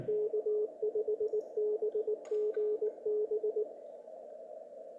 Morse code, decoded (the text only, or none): K5BGB